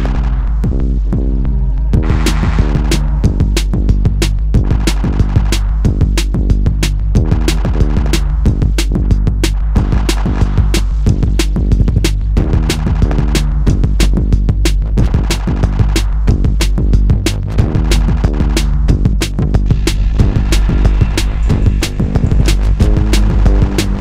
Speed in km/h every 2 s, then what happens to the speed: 89, 89, 90, 92, 93, 93, 93, 92, 90, 92, 93, 95.
0-24 steady at about 92.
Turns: none.